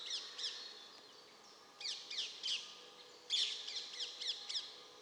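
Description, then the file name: Eurasian nuthatch calls: sharp, high, downward-slurred notes given in quick pairs and short runs, with brief pauses between bursts. "Sitta europaea"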